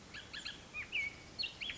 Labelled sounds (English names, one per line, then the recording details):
Bullock's Oriole
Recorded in Sonoma County, California